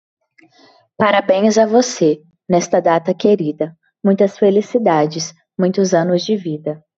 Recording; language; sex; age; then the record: short text; Brazilian Portuguese; female; 20 to 29 years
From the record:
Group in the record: control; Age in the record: 25 years